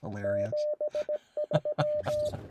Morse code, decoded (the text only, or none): 73